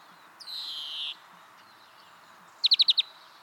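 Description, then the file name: European greenfinch call: a soft, wheezy buzz lasting under a second, followed by a brisk burst of five clipped chirps. "Chloris chloris"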